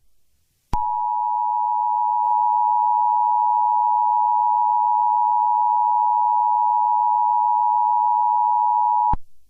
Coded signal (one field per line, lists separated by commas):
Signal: Emergency Alert System (SAME) tones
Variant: 853 and 960 Hz attention tone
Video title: EAS Scenarios #42-43 Thanksgiving Special